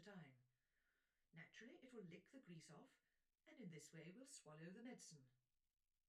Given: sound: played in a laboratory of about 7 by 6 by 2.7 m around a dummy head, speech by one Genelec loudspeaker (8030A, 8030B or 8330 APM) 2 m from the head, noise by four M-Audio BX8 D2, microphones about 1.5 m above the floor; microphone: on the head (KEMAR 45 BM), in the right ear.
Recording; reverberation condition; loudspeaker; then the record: female speech in English; low; 150 degrees to the left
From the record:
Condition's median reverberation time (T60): about 310 ms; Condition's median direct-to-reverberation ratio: about 3.5 dB